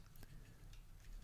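The loose ankle joint of a plastic Transformers Power of the Primes Leader Class Optimus Prime figure, which came out of the box unlocked and could not stand without flopping over, is handled before being popped into its locked position. Faint, brief ticks sound at about 0.2 s and 0.7 s over a low steady background hum. The clip ends before the joint snaps home, so nothing has seated yet.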